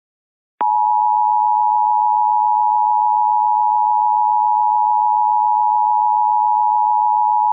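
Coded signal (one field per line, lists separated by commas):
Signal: Emergency Alert System (SAME) tones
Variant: 853 and 960 Hz attention tone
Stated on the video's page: Ohio Required Monthly Test aired on a TV station, plus a West Virginia child abduction emergency relayed through a cable provider.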